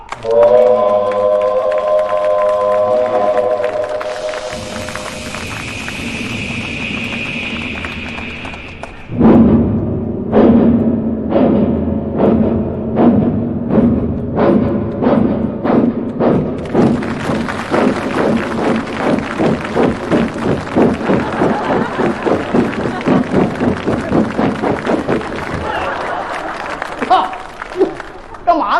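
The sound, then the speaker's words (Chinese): A voice imitates a steam locomotive as a train departs: a sustained whistle-like tone, then rhythmic breathy chugs that start slowly and speed into a steady, fast, loud chuffing pattern. “往你嘴里添煤呢， 你整个一个蒸汽机头，现在大伙都知道内燃机车都换了好几代了。”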